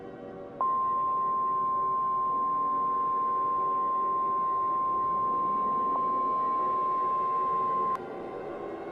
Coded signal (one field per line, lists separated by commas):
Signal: Emergency Alert System (SAME) tones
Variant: 1050 Hz attention tone